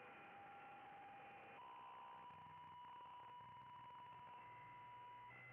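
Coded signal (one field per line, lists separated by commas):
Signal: PSK63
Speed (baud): 62.5 baud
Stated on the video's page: RSGB 3.5 MHz Club Championship data contest operating, streamed live.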